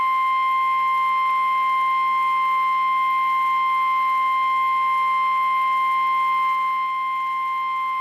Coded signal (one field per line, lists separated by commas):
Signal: Emergency Alert System (SAME) tones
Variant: 1050 Hz attention tone